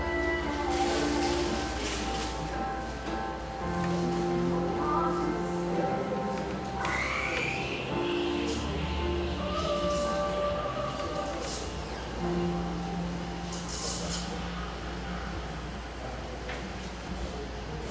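Cafe ambience with a constant low hum, murmured voices, clinking dishes, a rising whine near seven seconds and bright clatters throughout.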